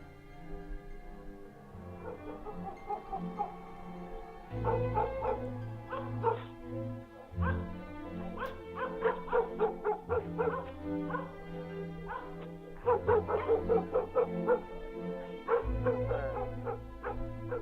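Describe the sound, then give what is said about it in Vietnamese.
Dogs bark over and over in a village at night, a mix of sharp yips, bow-wow barks and brief whimpers in uneven bursts above a low, steady droning hum. “Thỉnh thoảng chỉ thấy chó ở trong xóm cắn nhấm nhà nhấm nhặng.”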